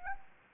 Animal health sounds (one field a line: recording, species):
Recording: mosquito wingbeat signal from an infrared sensor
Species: Anopheles gambiae